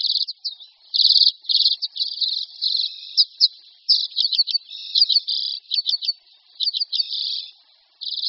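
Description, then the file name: Common Redpoll song of fast buzzy trills alternating with sharp chattering notes, high and sustained, broken by short gaps. "Čečetka zimní"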